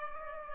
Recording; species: mosquito wingbeat signal from an infrared sensor; Culex pipiens